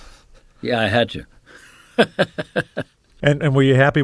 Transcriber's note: laughter